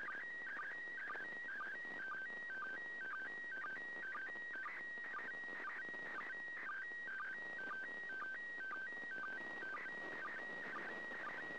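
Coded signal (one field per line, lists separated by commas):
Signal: SSTV (slow-scan television)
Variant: PD120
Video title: 29th Third Pass. Slow Scan Television (SSTV) images transmitted from the International Space Station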